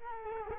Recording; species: mosquito wingbeat signal from an infrared sensor; Culex quinquefasciatus